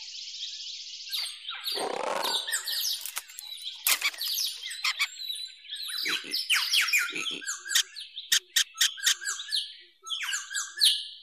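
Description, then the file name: Birds chirping busily, many quick high twittering notes and sharp ticks overlapping, with a brief rough lower rustle near the start. "Birds Frogs"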